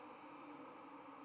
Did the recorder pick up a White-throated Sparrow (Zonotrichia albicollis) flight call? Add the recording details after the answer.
no. No flight call is heard. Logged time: 00:41 on 11 November 2014